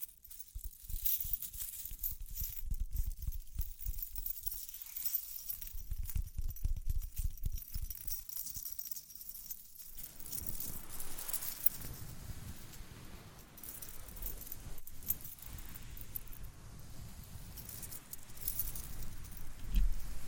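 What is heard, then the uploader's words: Scratchy rubbing and tapping with a bright metallic jingle running through it, like small keys or coins shaking. For the first ten seconds the sound is muffled and thumpy with low rumbles; after that it turns airier and hissier, ending with a louder jingle. ASMR Relaxing Tapping, Scratching, Ear Cleaning with Jingling Sounds (No Talking).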